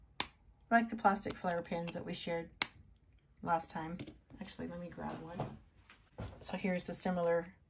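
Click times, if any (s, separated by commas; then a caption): none. A plastic pen cap is handled near the body of a plastic felt-tip pen while someone talks, with a couple of sharp ticks at about 0.2 s and 2.6 s. The cap is being brought up to snap on and show a similar click, but nothing has seated or clicked yet.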